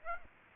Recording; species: mosquito wingbeat signal from an infrared sensor; Aedes aegypti